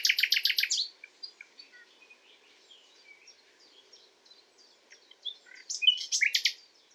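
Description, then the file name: Common nightingale song: a loud burst of rapid repeated notes, then quieter varied twitters and whistles, ending in another loud, fast phrase of harsh notes. "Luscinia megarhynchos"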